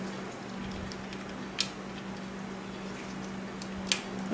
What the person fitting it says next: That one snapped.